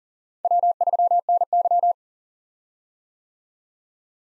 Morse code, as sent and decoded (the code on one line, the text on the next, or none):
.-- ...-- -. -.--
W3NY